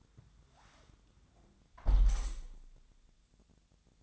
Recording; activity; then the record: daily activity, microphone in the room; close window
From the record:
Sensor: 3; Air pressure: 1000.4 hPa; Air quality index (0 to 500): 137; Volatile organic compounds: 2 ppm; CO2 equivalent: 1191 ppm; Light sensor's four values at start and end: 14/37/15/16 and 13/35/14/15